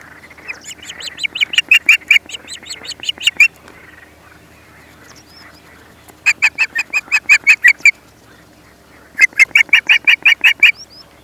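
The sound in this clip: Osprey uttering three series of rapid, repeated whistled cheeps, with quiet gaps between the bursts.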